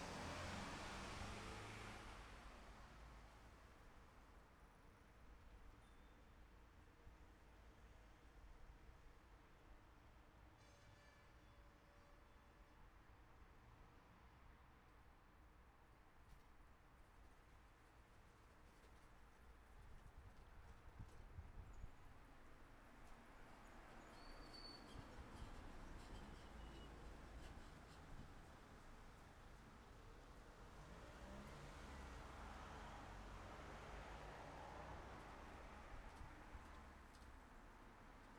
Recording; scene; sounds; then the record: everyday scene through a hearing-aid microphone; in traffic; traffic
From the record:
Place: city secondary road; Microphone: behind the ear, left, front